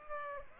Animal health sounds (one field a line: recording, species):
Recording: mosquito wingbeat signal from an infrared sensor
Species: Aedes aegypti